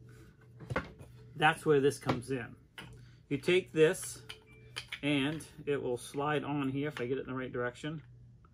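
A spacer block is handled and slid onto the removable drill guide of a pocket hole jig while someone talks. A few short, sharp hits sound near the start, around 0.1 to 0.8 seconds. The clip ends before the block goes home, so nothing has seated or clicked yet.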